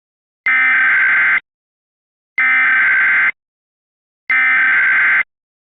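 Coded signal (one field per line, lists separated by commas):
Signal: Emergency Alert System (SAME) tones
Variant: header bursts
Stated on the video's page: Fictional EAS mock about 911 troubles.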